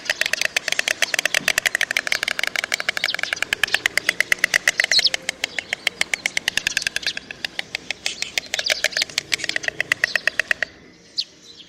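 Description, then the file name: White stork bill clattering: a long, fast, dry rattle of wooden clacks lasting about eleven seconds before stopping. "Bocian"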